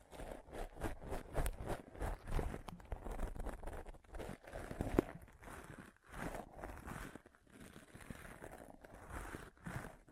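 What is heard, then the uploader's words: Pom poms are rustled and squished in soft, irregular bursts of fluffy crinkling, with brief quiet gaps around four, six and seven seconds. ASMR Ultimate Pom Pom Tingles (No Talking).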